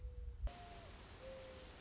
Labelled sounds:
Mourning Dove (Zenaida macroura)

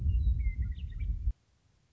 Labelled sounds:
Western Meadowlark (Sturnella neglecta)

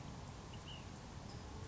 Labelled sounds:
Ash-throated Flycatcher (Myiarchus cinerascens)

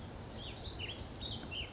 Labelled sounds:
California Towhee (Melozone crissalis)

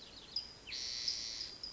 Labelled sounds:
Spotted Towhee (Pipilo maculatus)

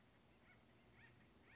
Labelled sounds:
Acorn Woodpecker (Melanerpes formicivorus)

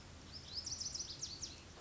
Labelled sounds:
Lazuli Bunting (Passerina amoena)

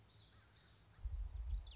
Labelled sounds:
Common Yellowthroat (Geothlypis trichas)

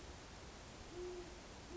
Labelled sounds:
Great Horned Owl (Bubo virginianus)

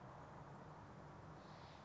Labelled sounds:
Steller's Jay (Cyanocitta stelleri)

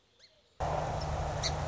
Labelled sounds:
Song Sparrow (Melospiza melodia)

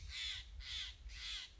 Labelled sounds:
Steller's Jay (Cyanocitta stelleri)

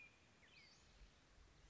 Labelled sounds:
Western Flycatcher (Empidonax difficilis)

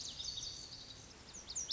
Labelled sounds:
Lazuli Bunting (Passerina amoena)

